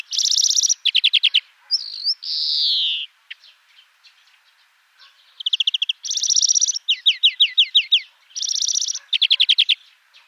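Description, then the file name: European greenfinch song of rapid rattling trills and flat buzzy notes, with one long nasal wheeze sliding downward near the start, then more trills and buzzes. "Chloris chloris"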